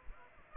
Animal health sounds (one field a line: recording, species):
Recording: mosquito wingbeat signal from an infrared sensor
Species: Aedes aegypti